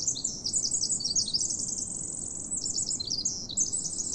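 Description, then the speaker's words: Pacific wren song, an energetic jumble of thin, high-pitched trills and chips that rise and fall rapidly, sustained throughout, above a quiet ambient hiss. Singing while perched out in the open; national park. "Your best chance of seeing them is when they're perched out in the open, singing like this one is."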